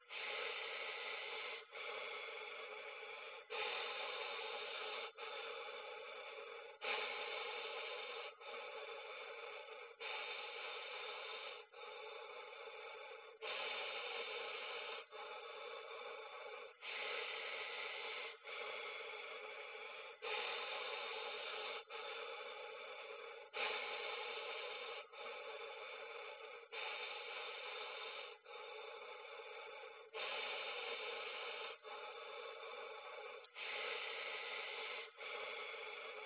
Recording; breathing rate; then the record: paced breathing near a phone; 18 breaths a minute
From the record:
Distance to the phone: 20 cm